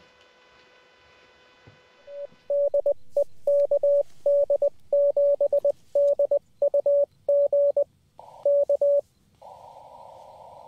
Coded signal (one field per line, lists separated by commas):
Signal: Morse code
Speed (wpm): 20 wpm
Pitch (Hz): 570 Hz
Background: radio noise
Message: DE KD7DUG K